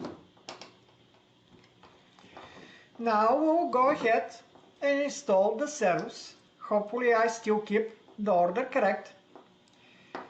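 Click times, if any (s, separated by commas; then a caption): 0.5 s. A controller board is pushed down onto its pin connectors until it snaps into place, with a sharp click at 0.5 s. Light handling noises follow, then someone talks.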